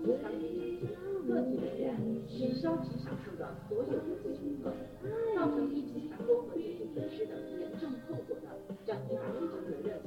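A crowd at Hongya Cave in Chongqing, with many voices overlapping in a steady, dense murmur throughout. Individual talkers rise briefly out of the chatter, including a sharper exclamation around the six-second mark, while the overall level stays fairly even.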